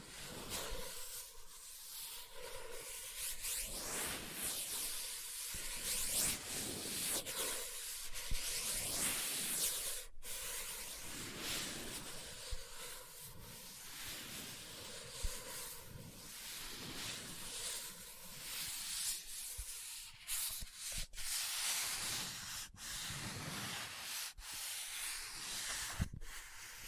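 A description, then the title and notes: Dry, bright scratching and rubbing across a book's surface, continuous and brisk, broken by brief pauses and a few sharp taps near the end. Book Tapping, Scratching, Page Turning.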